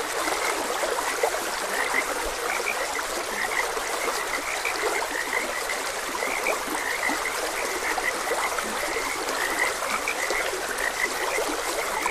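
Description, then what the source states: Chorus of frogs with frequent short croaks scattered throughout, set against a constant babbling stream. Frogs croaking beside a gentle stream.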